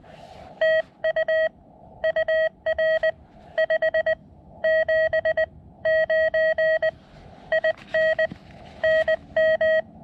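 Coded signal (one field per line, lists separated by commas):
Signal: Morse code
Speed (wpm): 20 wpm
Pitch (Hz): 640 Hz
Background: none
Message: TU UR 579 IN NM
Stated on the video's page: Morse contacts during a SOTA double summit activation in the Columbia River Gorge, including a summit-to-summit contact and full QSOs.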